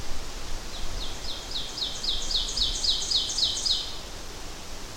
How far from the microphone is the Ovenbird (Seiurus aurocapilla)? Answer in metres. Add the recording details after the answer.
about 35 m. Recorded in boreal forest in Alberta, Canada, on 12 June 2016 at 06:14. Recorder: SongMeter 3, array SBT-3-18. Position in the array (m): 68 m, 311 m. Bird 32